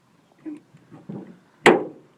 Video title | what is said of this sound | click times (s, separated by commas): Aerocraft Canoe Seat Repair | you hear it snap good that means it's in the slot | 1.7 s